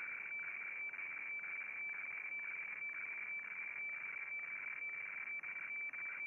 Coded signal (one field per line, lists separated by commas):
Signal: weather fax (radiofax)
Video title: Réception FAX HF du 07 07 2022